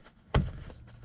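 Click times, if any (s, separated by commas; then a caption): 0.3 s. A small fitted piece, likely interior trim, is pushed into its spot inside a Volvo and snaps in with a sharp click at 0.4 s, followed by a brief low thud and quiet room tone. The piece seats as a perfect fit.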